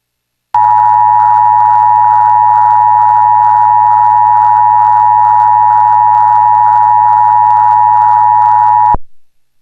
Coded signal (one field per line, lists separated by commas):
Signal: Emergency Alert System (SAME) tones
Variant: 853 and 960 Hz attention tone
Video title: Emergency Alert System - DC Child Abduction Alert